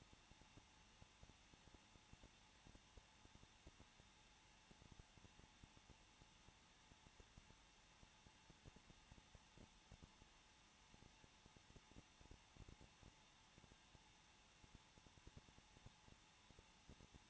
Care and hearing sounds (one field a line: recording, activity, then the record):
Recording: daily activity, microphone in the room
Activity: no activity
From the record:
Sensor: 1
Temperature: 20.0 degrees Celsius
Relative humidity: 39.4%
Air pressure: 1006.4 hPa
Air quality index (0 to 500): 219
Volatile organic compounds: 82 ppm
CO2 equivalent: 3625 ppm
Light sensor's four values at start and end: 1/2/1/1 and 1/2/1/1